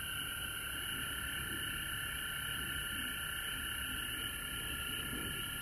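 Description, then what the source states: Frogs calling in a steady high trilling chorus, dense and continuous. Recorded at home in Georgia on March 19, 2020.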